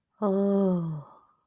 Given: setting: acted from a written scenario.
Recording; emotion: vocal sound without words; awe